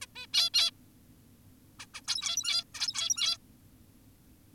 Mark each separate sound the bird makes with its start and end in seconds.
0.02-0.07, 0.16-0.27, 0.34-0.50, 0.54-0.71, 1.80-1.86, 1.94-2.01, 2.08-2.64, 2.75-3.38